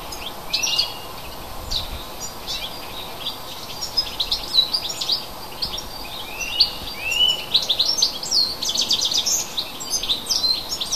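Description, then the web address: Bird song of bright high chirps and quick downslurred whistles, irregular and varied, growing busier toward the end over faint background hiss. A native bird. "hecke vogel februar"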